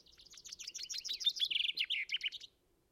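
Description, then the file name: Common chaffinch singing a quick cascade of bright chipping notes, slipping lower into a dry trill before a short final flourish; faint low background hum. "Fringilla coelebs"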